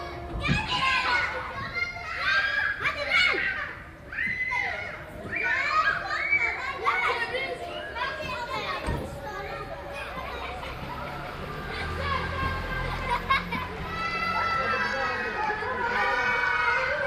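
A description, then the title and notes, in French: Children on a playground talk and shout over one another in a dense, constant chatter, with high voices and squeals rising above the crowd. The noise stays busy throughout, dipping briefly around four seconds, and a low rumble sits underneath from about ten seconds on. Des enfants sur la plaine de jeu.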